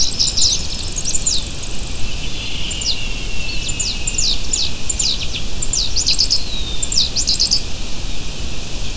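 Bird chirps: sharp high downward notes in irregular bursts, with a lower buzzy sound in the first half, against steady low noise.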